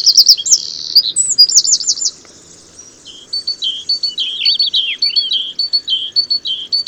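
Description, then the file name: Eurasian wren song: a brisk high trill for two seconds, then after a short gap a run of repeated clipped notes. "Troglodytes troglodytes"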